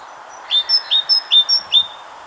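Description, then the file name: Great tit giving a ringing two-note phrase, low then high, repeated several times, with faint higher notes just before it starts. "Parus major"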